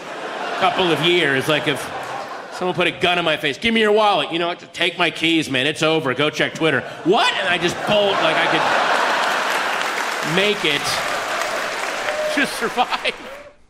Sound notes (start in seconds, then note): 1.6 laughter; 7.4 laughter